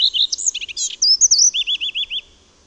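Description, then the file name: Common redstart song: a quick jumble of high varied chirps and warbles, ending in a run of about six identical rising-then-falling notes. "PLESZKA"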